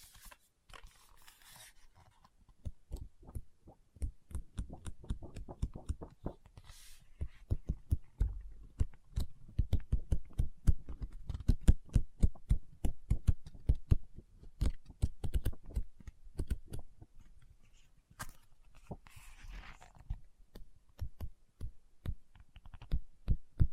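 Fingers tap rapidly on a book, a dense run of dull, low knocks that quickens and grows louder through the middle before easing off near the end. Brief soft rustles, like scratching or a page moving, surface around the start, near seven seconds, and again near nineteen.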